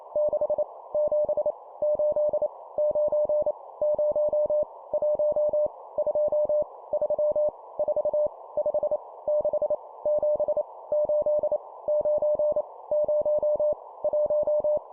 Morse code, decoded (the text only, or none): 6 7 8 9 0 1 2 3 4 5 6 7 8 9 0 1